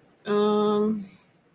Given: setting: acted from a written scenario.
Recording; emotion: vocal sound without words; neutral